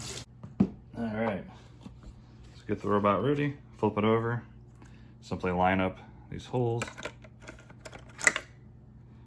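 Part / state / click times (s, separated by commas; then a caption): spinning mop pad holder into robot mop base / seated / 8.3 s. Someone talks while flipping a Samsung JetBot VR20T6001MW robot mop over and lining up the first spinning microfiber pad holder with the holes on its underside. The holder is pushed down and snaps in with a sharp click at 8.3 s, seating easily onto the robot mop base.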